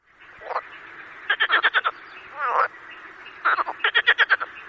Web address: marsh frog